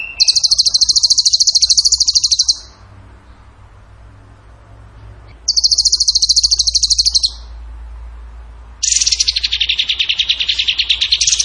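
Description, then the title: Bird song with two long, rapid, high-pitched rattling trills separated by a quiet gap, ending in a broader, buzzier trill. Masteran (training song) of a bird singing in the gacor tembakan style. "Masteran Burung Tembakan Gacor"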